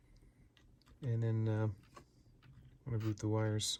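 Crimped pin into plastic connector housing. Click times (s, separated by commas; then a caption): 0.6 s. A crimped wire pin is coaxed into a single-position plastic connector housing, which keeps the pins from falling out, and it latches with a faint click at 0.6 s. Quieter ticks follow at about 0.8 s and 2.0 s, and someone talks over the rest of the clip. The pin is seated.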